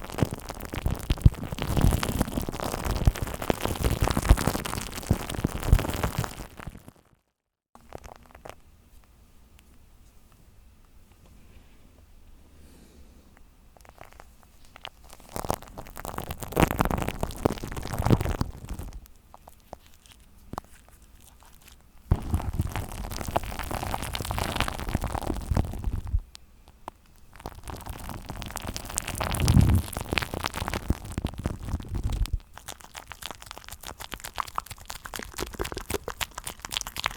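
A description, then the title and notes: Shaving foam is worked right against a microphone, giving dense, close crackling and squelching that fills everything from deep lows to bright hiss. The bursts come and go in blocks of several seconds, broken by quieter stretches of faint fizzing and short near-silent gaps around 7, 26 and 32 seconds. ASMR The ULTIMATE Tingles With SHAVING Foam On The MIC.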